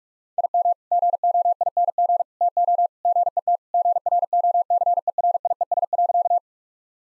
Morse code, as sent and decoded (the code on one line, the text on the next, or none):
.. -- / --. --- .. -. --. / - --- / --. . - / --. .-. --- -.-. . .-. .. . ... .-.-.-
IM GOING TO GET GROCERIES.